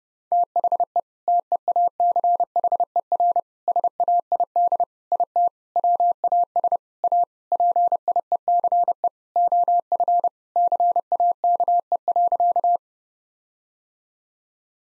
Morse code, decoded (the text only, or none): THE TEACHER SAID IT WAS A PIECE OF CAKE.